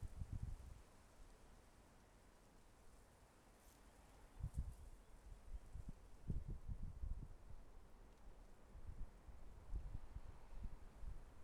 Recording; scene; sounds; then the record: everyday scene through a hearing-aid microphone; wind on the microphone; wind, traffic, birds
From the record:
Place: suburban garden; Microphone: behind the ear, left, rear